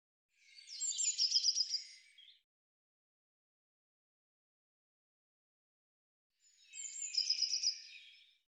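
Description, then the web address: Eurasian blue tit calls: two high-pitched bursts of rapid pulses, about six seconds apart. "cianscape birddata Deverinetal 2025 File cleaned normalized Bird Cy Ca"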